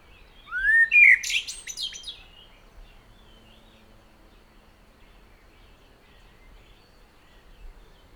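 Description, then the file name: Common blackbird singing one fluty, rising warble that breaks into thin, scratchy high notes, followed by several seconds of near silence. "Turdus merula"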